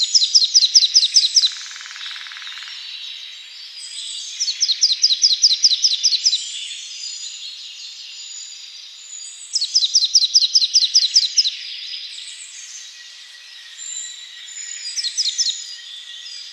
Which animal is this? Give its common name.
Marsh Tit